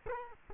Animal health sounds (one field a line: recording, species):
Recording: mosquito wingbeat signal from an infrared sensor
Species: Culex quinquefasciatus